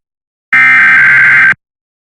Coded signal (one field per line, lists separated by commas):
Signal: Emergency Alert System (SAME) tones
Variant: header bursts